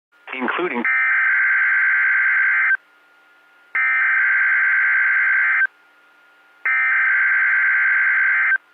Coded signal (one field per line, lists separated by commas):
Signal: Emergency Alert System (SAME) tones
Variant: header bursts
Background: speech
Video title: FEELS LIKE A MODERATE RISK! EAS Alerts from 3/31/2023! [EAS #1292 - #1346]